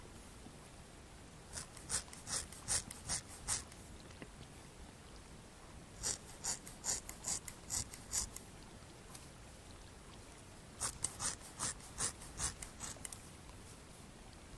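Scissors snip in three quick runs of crisp, bright cuts, near the start, the middle and toward the end, each run holding roughly six to eight evenly spaced snips. Between the runs, only a soft steady hiss remains.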